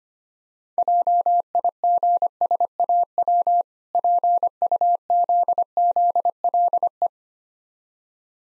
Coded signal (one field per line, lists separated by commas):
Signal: Morse code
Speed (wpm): 25 wpm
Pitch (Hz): 700 Hz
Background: none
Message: JIGSAW PUZZLE